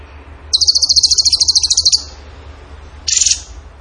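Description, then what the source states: Bird song: a fast, even, high-pitched pulsed trill lasting about one and a half seconds, then a short buzzy burst. Training recording (masteran) of a bird singing in the gacor tembakan style.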